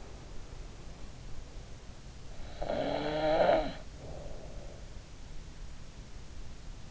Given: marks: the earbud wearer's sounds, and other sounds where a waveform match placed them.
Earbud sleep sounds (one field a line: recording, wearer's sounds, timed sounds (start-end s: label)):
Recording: sounds in sleep by an in-ear microphone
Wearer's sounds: snoring breath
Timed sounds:
2.60-4.79 s: snoring breath